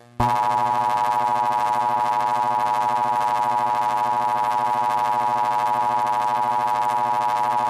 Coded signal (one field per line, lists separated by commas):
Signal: Emergency Alert System (SAME) tones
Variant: 853 and 960 Hz attention tone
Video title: EAS Scenario:Apocalypse (Not Scary)